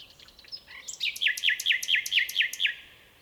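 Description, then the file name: Common nightingale song phrase: a brief whistle, then a rapid series of about seven repeated downslurred chirping notes. "Luscinia megarhynchos"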